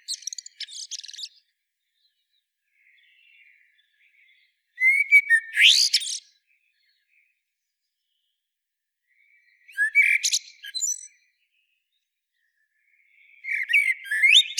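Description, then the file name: Eurasian blackbird delivering a series of song phrases every few seconds, each a short fluted warble with sharp, squeaky high-pitched twittering, with soft quieter warbling between. "Turdus merula"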